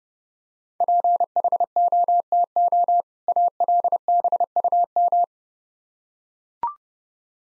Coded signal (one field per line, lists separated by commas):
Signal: Morse code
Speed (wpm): 30 wpm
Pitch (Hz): 700 Hz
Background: none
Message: PHOTO ALBUM